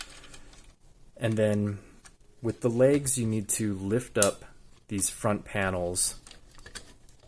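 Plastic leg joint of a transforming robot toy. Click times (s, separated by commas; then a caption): 0.0 s. A plastic leg joint on a Juracops Jupino (Jurassic Cops 3) transforming robot toy is rotated while converting the robot into its car form, and it clicks into place with a single sharp snap at 0.0 s. Someone then talks, with a few faint light taps near the end.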